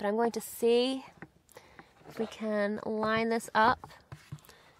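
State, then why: Seated. Someone talks while an empty plastic Greenstalk vertical-planter tier, left empty for easy maneuverability, is lined up on the tier below and pressed down. Sharp clicks at 4.1 and 4.4 seconds mark its locking tabs engaging, and the tier locks into place.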